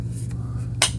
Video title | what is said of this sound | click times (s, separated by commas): Yeedi M14 Plus After 3 Months - Clean and Maintain! | Click it into place. | 0.8 s